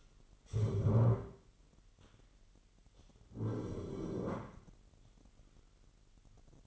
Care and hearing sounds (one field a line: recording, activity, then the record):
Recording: daily activity, microphone in the room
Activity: stand up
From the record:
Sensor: 4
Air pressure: 999.3 hPa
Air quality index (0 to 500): 113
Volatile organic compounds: 2 ppm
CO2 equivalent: 1121 ppm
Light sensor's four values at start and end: 11/26/10/11 and 11/26/10/11